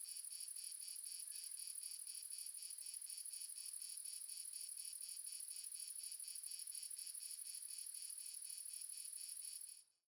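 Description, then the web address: Crickets chirping as a continuous high pulsed chorus at an even beat, then the sound fades out quickly at the very end. Ambience of multiple crickets, recorded in the south of France. "Sonniss com - GDC 2017-Game Audio Bundle Red Sonic - Crickets and Frogs amb crickets multiple south france"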